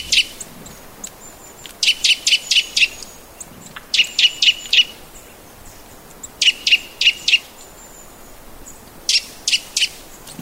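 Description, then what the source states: Eurasian nuthatch singing short bursts of three to six rapid, clear piping notes, each burst separated by a brief pause, with faint high calls in the background. White-bellied form known locally as shirohara-gojūkara, on a forest road along the Sarurugawa river in Hokkaido, Japan.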